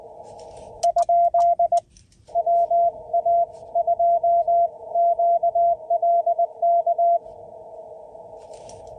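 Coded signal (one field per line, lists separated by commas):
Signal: Morse code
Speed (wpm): 21 wpm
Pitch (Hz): 690 Hz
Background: none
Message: ? WA2QLK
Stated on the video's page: CW sent during a POTA activation of a state forest from a mobile HF station, with engine noise and sloppy sending.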